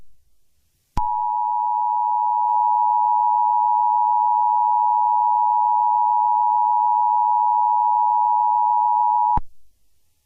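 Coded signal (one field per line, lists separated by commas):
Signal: Emergency Alert System (SAME) tones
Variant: 853 and 960 Hz attention tone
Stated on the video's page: Fictional EAS scenario, simulated alert, made with Clipchamp.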